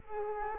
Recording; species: mosquito wingbeat signal from an infrared sensor; Culex quinquefasciatus